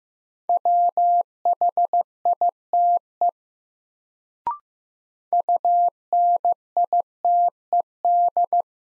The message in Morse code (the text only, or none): WHITE UNITED